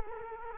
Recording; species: mosquito wingbeat signal from an infrared sensor; Culex quinquefasciatus